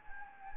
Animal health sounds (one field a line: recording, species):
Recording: mosquito wingbeat signal from an infrared sensor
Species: Anopheles gambiae